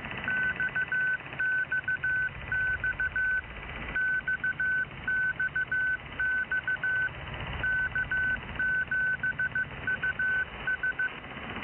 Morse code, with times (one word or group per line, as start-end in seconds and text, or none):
0.3-3.4 XXX
4.0-7.1 XXX
7.6-11.1 K7US